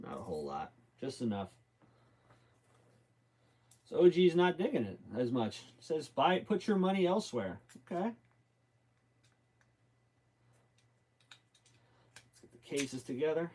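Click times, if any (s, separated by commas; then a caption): none. Plastic differential case halves on a Team Associated RC10GT2 RC car are handled and lined up, giving a few faint small ticks around 9.6 s and 11.2–12.2 s while someone talks. Nothing has snapped or latched yet; the halves are only aligned, not pressed home.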